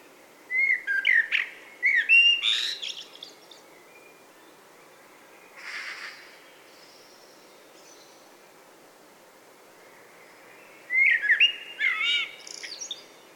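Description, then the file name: Common blackbird singing mellow whistled phrases that break into high scratchy twitters, a faint brief sound midway, then another fluty phrase after a long pause. "Turdus merula"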